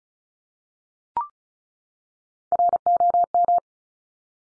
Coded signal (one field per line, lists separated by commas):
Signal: Morse code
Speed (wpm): 36 wpm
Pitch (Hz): 700 Hz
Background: none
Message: ROM